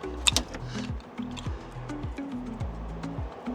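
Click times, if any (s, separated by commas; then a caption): 0.3 s. The electric frunk lock wiring connector of a Hansshow powered frunk on a Tesla is pushed into its mating plug, giving a sharp click at 0.3 s with a quick second snap just after, while music plays underneath. The click, listened for to confirm the connection, shows the connector is seated.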